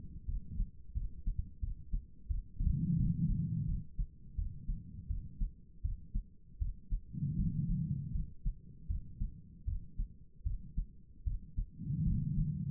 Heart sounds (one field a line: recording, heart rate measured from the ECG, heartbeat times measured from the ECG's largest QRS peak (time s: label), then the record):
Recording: heart sounds by stethoscope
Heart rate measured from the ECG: 82 bpm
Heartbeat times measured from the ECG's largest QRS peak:
0.27 s: heartbeat
0.94 s: heartbeat
1.61 s: heartbeat
2.28 s: heartbeat
2.97 s: heartbeat
3.66 s: heartbeat
4.36 s: heartbeat
5.08 s: heartbeat
5.82 s: heartbeat
6.59 s: heartbeat
7.37 s: heartbeat
8.12 s: heartbeat
8.88 s: heartbeat
9.65 s: heartbeat
10.44 s: heartbeat
11.24 s: heartbeat
12.04 s: heartbeat
From the record:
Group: healthy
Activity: rest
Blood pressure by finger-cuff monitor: 158/101 mmHg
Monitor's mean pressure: 121 mmHg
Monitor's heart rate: 80 bpm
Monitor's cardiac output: 4.9 L/min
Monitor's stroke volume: 61 mL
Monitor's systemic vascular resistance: 1870 dyn s/cm5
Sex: female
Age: 51 years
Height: 162 cm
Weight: 70.04 kg